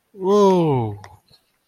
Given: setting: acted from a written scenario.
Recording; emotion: vocal sound without words; ecstasy